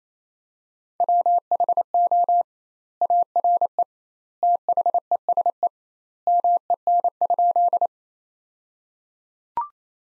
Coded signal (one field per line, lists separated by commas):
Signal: Morse code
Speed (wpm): 28 wpm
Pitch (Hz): 700 Hz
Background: none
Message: WHO ARE THESE MEN?